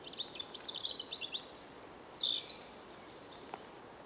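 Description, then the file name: European robin song: thin, high twittering phrases with sliding whistled notes, delivered in quick bursts over faint background hiss. "Erithacus rubecula 311019"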